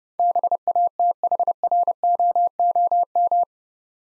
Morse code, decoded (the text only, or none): BATHROOM